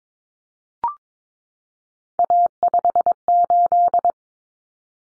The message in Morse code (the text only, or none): A58